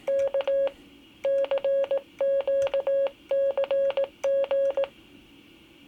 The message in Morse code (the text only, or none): K CQCG